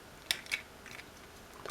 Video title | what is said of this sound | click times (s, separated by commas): Transformers Combiner Wars Protectobots Defensor Review | in locks in place basically you | 0.3 s